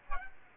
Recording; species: mosquito wingbeat signal from an infrared sensor; Aedes aegypti